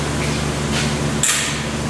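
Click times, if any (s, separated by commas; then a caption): 1.2 s. A click-type torque wrench tightens a suspension bolt on the rear knuckle of a 2020 Jeep Cherokee during a rear knuckle bushing replacement. Under a steady low hum, a single sharp click sounds at 1.3 s. The bolt is torqued to spec.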